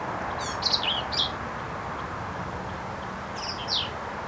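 Black-capped vireo song: two quick phrases of harsh, chattering high notes with slurred squeaks, separated by a pause of about two seconds, over low hiss.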